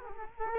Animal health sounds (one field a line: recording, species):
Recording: mosquito wingbeat signal from an infrared sensor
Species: Culex quinquefasciatus